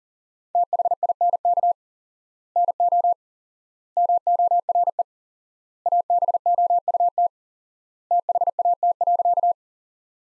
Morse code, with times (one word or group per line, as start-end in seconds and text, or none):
0.5-1.7 THINK
2.6-3.1 NO
4.0-5.0 MORE
5.9-7.3 ABOUT
8.1-9.5 THAT.